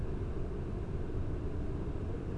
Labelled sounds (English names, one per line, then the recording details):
none
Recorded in Germany
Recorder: ecoPi